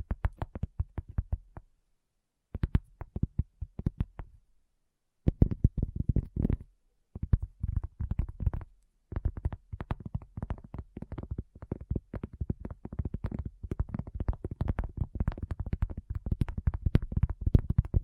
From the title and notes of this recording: ASMR Addictive Tapping. (No Talking).